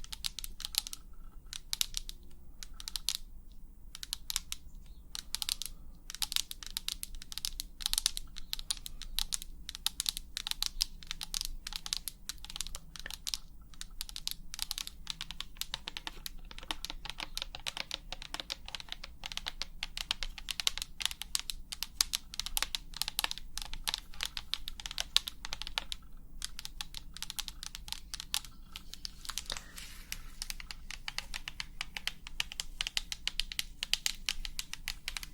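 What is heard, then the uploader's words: Rapid fingernail tapping runs almost nonstop for the whole stretch, a dense patter of sharp, bright clicks much like fast typing on a keyboard. Brief gaps break the rhythm near 3 seconds and again around 26 seconds. A faint low hum sits steadily beneath. ASMR 100% Tapping for the BEST Sleep & Tingles long nails, no talking.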